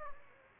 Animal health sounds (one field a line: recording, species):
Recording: mosquito wingbeat signal from an infrared sensor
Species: Aedes aegypti